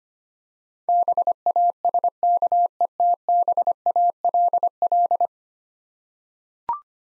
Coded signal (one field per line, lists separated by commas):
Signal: Morse code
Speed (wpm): 25 wpm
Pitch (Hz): 700 Hz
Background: none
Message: BASKETBALL